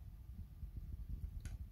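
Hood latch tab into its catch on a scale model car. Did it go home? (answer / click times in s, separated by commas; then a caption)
no / none. A builder presses the small hatch-lock style hood latch tab on a die-cast/plastic Ghostbusters Ecto-1 scale model car, trying to snap it closed into its catch. Over a low, throbbing rumble there is only a brief faint tap near 1.5 s. Nothing has clicked or locked: the tab fails to catch.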